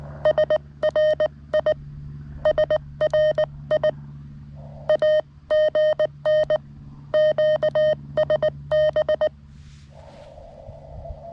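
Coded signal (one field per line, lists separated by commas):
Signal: Morse code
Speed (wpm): 19 wpm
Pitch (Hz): 620 Hz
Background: none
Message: SRI SRI AGN QSB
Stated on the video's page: QRP CW Parks on the Air activation from a state forest using a lightweight field kit, with hunters calling.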